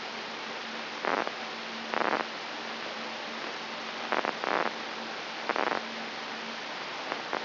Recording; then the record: brain microelectrode recording played as sound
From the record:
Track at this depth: inside the subthalamic nucleus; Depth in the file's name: 5.137 mm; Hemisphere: right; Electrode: 3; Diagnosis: Parkinson's disease